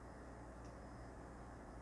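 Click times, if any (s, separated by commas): none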